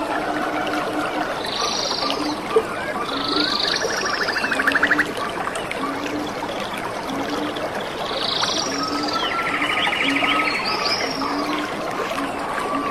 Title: The pure stream and lovely birds in the rainy forest